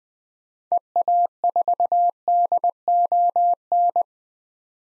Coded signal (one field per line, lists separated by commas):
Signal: Morse code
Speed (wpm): 20 wpm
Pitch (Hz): 700 Hz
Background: none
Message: EA4DON